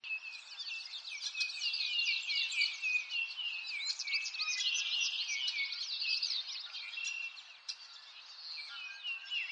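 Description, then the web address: Birds in a dense chorus of high chirps and twitters, many overlapping short notes without pause. Forest ambience. "Lynne Music. Nature Ambience Birds In A Forest"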